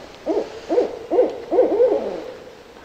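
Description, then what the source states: Barred owl giving a quick series of several rounded hoots, ending in a drawn-out, descending note. Recorded 9 June 2003; a set of 12 calls.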